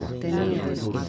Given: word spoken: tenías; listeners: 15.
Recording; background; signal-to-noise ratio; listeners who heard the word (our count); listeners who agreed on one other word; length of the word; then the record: one Spanish word in noise, from a listening test; eight-talker babble; -0.5 dB; 3 of 15; 7 of 15; 0.69 s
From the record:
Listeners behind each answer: 7, 3, 2, 1, 1, 1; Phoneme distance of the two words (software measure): 17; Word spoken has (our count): 3 syllables, 6 phonemes, stress on syllable 2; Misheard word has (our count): 2 syllables, 5 phonemes, stress on syllable 1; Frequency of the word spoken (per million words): 7.51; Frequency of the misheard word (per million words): 1.84